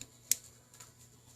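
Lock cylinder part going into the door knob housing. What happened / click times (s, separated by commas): A metal lock part snaps into place / 0.3 s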